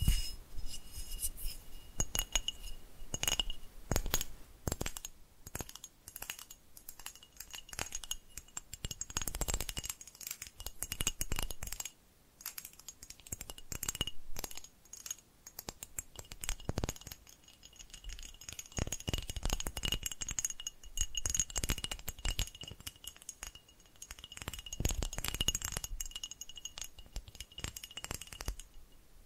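Rapid, irregular tapping and clicking runs the whole time, with sharp bright taps coming in dense clusters and short pauses between them. A faint ringing tone stays in the background at a steady pitch, and the taps have a light, glassy, clinking quality.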